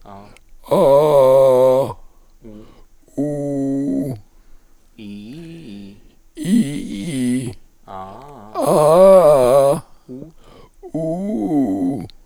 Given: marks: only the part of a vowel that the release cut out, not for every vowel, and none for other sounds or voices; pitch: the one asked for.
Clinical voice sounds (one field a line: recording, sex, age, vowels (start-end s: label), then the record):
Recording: sustained vowels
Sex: male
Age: 70 to 79 years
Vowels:
0.84-1.72 s: vowel /a/, low pitch
3.26-4.00 s: vowel /u/, low pitch
9.19-9.71 s: vowel /a/, low-high-low pitch
11.02-11.95 s: vowel /u/, low-high-low pitch
From the record:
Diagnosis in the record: recurrent laryngeal nerve paralysis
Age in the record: 72 years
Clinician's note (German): Links, mit Verdickung hinteres Drittel, mit phonatorischem Stillstand; Verdacht auf Ca!